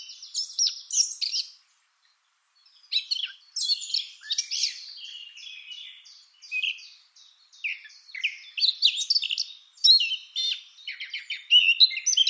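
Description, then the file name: Eurasian blackcap song in repeated bursts of busy scratchy warbling and sharp whistled notes, separated by brief pauses, stretching over twelve seconds. "Sylvia atricapilla"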